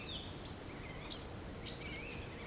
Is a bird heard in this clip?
yes